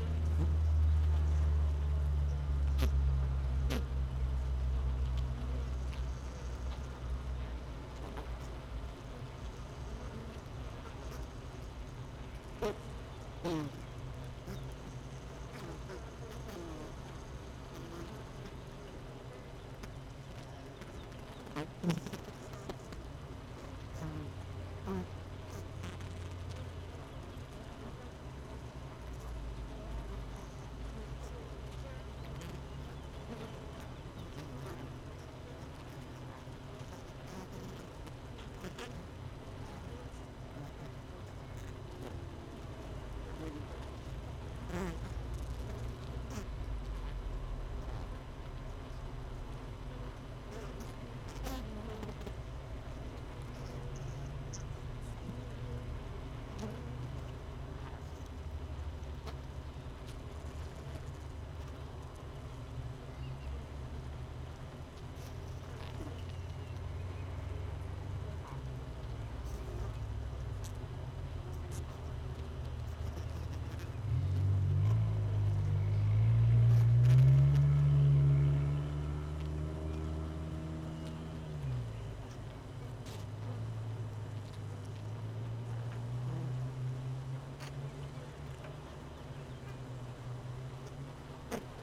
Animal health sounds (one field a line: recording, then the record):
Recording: honeybee colony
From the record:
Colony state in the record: missing queen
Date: 31 May 2018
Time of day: 17:28